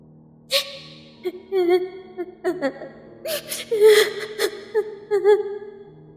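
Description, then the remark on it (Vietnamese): A young woman cries mournfully on a small dirt road at night, her wavering high-pitched wails broken by sharp gasping breaths and shaky sobs that come in uneven bursts, with no words spoken. “Là tiếng khóc, tiếng khóc của một cô gái.”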